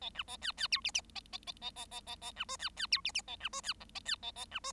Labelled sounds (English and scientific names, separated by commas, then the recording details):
Bengalese Finch (Lonchura striata domestica) song
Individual Bird7